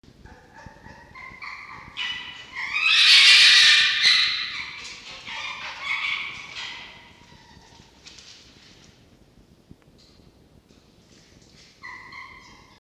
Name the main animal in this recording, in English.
Red Fox